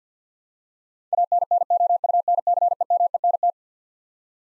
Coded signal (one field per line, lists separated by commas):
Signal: Morse code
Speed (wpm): 45 wpm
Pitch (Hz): 700 Hz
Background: none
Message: ANNOUNCEMENT